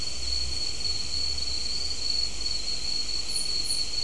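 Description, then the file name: Insect chorus, a steady high-pitched buzz running without pause through the whole stretch, over a low background rumble, with two faint higher chirps near the end. "mainly insect"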